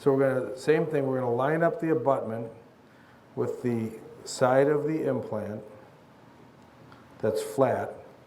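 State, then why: Not seated. A snap-on abutment is lined up with the flat side of a mini dental implant while someone talks in bursts with quiet pauses between. The abutment is handled but not pressed home, and nothing has seated or snapped on yet.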